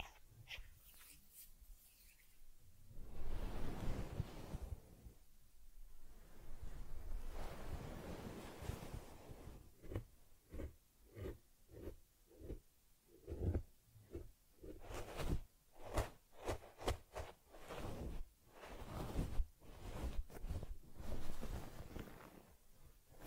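Handling sounds of Teddy being groomed: soft rustling, rubbing and combing strokes through fur. Early on the strokes are longer sweeping washes; after about ten seconds they turn into quicker, regular brushing bursts with short gaps. Faint low bumps sit underneath.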